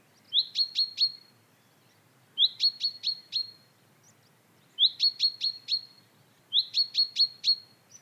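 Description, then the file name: Common chaffinch calls: a short rising note followed by three sharp, clipped high notes, the bout repeated several times. "Fringilla coelebs"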